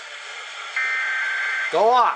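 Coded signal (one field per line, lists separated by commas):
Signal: Emergency Alert System (SAME) tones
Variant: header bursts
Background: speech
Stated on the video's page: New Hampshire EAS Required Monthly Test captures.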